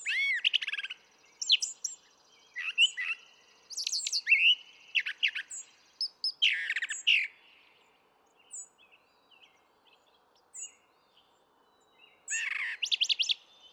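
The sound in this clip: Brown thrasher song, a long run of varied phrases: harsh chirps, slurred whistles and buzzy notes, many repeated in pairs, with brief gaps between groups.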